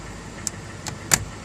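A small screwdriver is pushed into the window under the headlight switch knob on a 1997–1998 F150/F250 truck, being worked on because its headlights are not working. Sharp clicks from the internal retainer come at 0.5 s and 1.1 s, with a softer tick near 0.9 s, over a low steady background. The retainer releases, freeing the knob so it can be pulled off the switch shaft.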